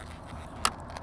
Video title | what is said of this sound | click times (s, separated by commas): DIY E53 BMW X5 Crankcase Vent Valve Kit Replacement (CCV, PCV) M54 | other side of the intake manifold till it clicks | 0.6 s